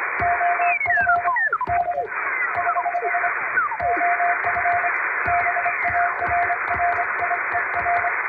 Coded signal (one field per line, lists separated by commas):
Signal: Morse code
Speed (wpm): 25 wpm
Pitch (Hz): 700 Hz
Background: music, radio noise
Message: OF D <HH> OF BARRIER